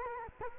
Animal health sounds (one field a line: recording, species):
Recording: mosquito wingbeat signal from an infrared sensor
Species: Culex quinquefasciatus